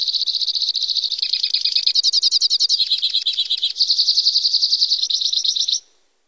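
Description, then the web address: White-winged crossbill song: a long, rapid run of trills that shift between rattling and sweeter buzzy phrases, steady and unbroken until it stops abruptly near the end. Recorded in North America. "Songs of Birds of North America Stokes. White-winged Crossbill"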